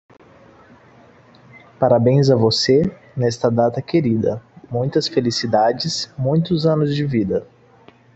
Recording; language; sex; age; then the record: short text; Brazilian Portuguese; male; 20 to 29 years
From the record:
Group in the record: control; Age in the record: 26 years